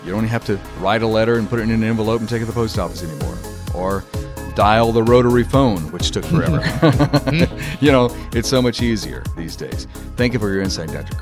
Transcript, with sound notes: You don't have to write a letter and put it in an envelope and take it to the post office anymore, or dial the rotary phone, [laughter] which took forever. It's so much easier these days. Thank you for your insight, Dr.